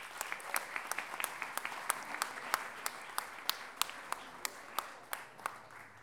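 An audience applauds a guest speaker steadily, a dense patter of many hands clapping with sharper individual claps popping out above the wash, sustained at an even level throughout.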